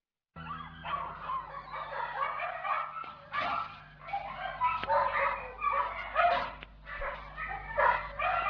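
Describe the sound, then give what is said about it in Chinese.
Several dogs in a pet shop bark and yip over one another in a constant, overlapping chorus of sharp, fairly loud calls, with a low steady hum running beneath. “啊，小姐小姐，想搵啲咩狗咁啊？”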